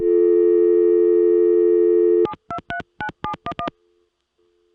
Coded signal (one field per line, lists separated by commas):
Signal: DTMF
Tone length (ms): 90 ms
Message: 7239711